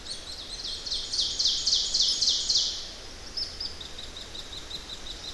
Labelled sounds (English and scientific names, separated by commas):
Ovenbird (Seiurus aurocapilla) song